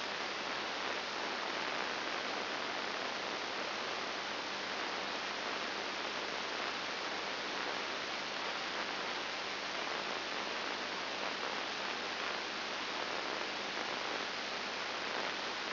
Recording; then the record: brain microelectrode recording played as sound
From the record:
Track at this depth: inside the subthalamic nucleus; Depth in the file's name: 4.302 mm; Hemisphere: left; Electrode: 2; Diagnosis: Parkinson's disease